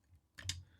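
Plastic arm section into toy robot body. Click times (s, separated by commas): 0.4 s, 0.5 s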